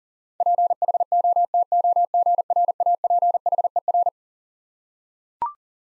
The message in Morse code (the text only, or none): PHOTOGRAPHER